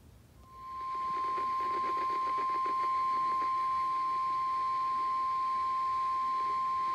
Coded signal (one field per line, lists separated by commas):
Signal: Emergency Alert System (SAME) tones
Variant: 1050 Hz attention tone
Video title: NWR Required Weekly Tests (4/28/21)